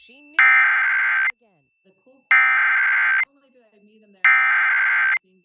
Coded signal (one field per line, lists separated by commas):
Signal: Emergency Alert System (SAME) tones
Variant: header bursts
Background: speech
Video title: EAS #1011: EAS Fire Warning- Oct. 13, 2024- 3:41PM PDT